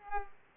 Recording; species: mosquito wingbeat signal from an infrared sensor; Culex pipiens